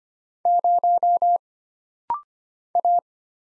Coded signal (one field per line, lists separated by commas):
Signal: Morse code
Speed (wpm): 25 wpm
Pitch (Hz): 700 Hz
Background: none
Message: 0 A